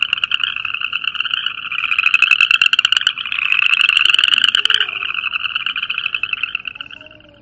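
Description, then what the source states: Upland chorus frog calls: a dense, continuous rasping trill, swelling in the middle and fading toward the end. Played back recording.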